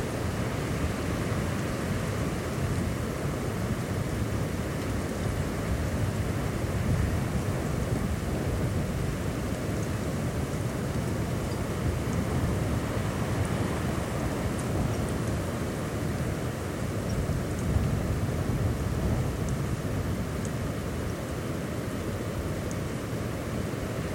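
A steady, dense rush of wind fills the coastal dunes at Studland, strongest in the low and middle range with no real pauses. The roar swells slightly around seven and eighteen seconds, while faint, brief high ticks scatter across the top throughout.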